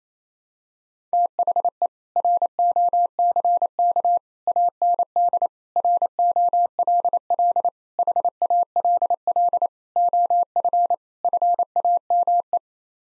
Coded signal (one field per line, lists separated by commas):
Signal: Morse code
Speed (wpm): 28 wpm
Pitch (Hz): 700 Hz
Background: none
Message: THE ROCK AND ROLL HALL OF FAME